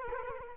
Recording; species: mosquito wingbeat signal from an infrared sensor; Culex quinquefasciatus